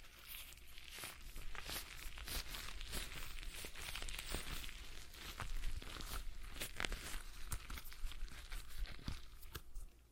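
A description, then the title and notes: A stress ball is squeezed and handled, giving a dense run of crinkling, rubbery squelches and crackles that continues through the whole stretch. Sharp clicks and snaps stand out every second or so over a steady low hum. ASMR Relaxing Stress Ball Sounds (No Talking).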